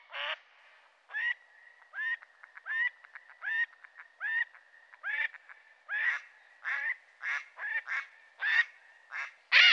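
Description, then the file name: Mallard calls, loud rasping quacks mixed with quick, softer clipped notes in an uneven chattering sequence that grows louder near the end. "canard colvert"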